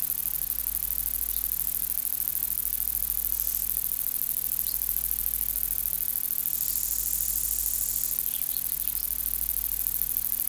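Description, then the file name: Long-winged conehead producing a constant faint high hiss, broken by short buzzy bursts and a longer louder burst of about two seconds midway, over a low hum. "Conocephalus discolor"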